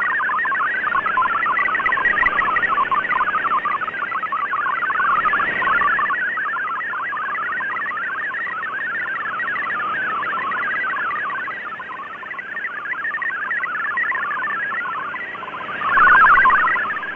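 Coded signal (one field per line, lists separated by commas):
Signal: multi-tone FSK (Olivia or MFSK type)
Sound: rapid warbling, burbling tones hopping up and down in a narrow band, continuous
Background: shortwave radio static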